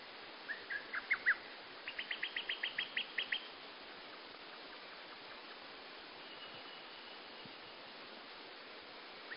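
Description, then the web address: Bird song: a short run of bright chirps, then a quicker series of about ten sharp repeated notes, followed by fainter notes over a steady hiss. Bird singing at dawn. "yoake. bird singing"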